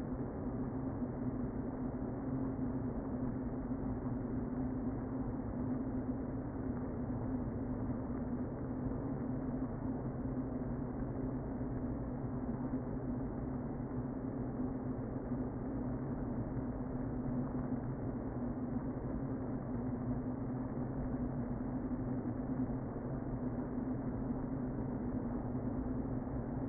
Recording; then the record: honeybee colony, microphone inside the hive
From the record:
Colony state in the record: queen present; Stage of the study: before two queens were removed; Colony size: about 60,000 bees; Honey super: yes